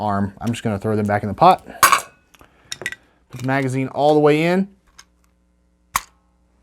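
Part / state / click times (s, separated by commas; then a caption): pistol magazine into magazine loader / seated / 6.0 s. A pistol magazine is pushed all the way into a polymer magazine loader while someone talks, with a few small clatters in between. A sharp, positive click is heard at 6.0 s as the magazine seats fully in the loader.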